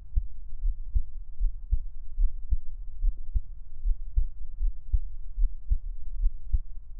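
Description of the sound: A close-up Taiwanese ASMR heartbeat with no talking: an adult's own normal heartbeat, steady low thumps.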